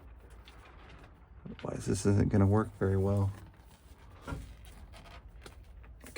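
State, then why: Seated. Someone talks while the rubber boot of a spark plug wire is pushed down over a distributor cap terminal, with a few soft handling taps. The boot snaps home with a small click at 6.2 s and is seated.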